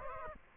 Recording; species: mosquito wingbeat signal from an infrared sensor; Aedes albopictus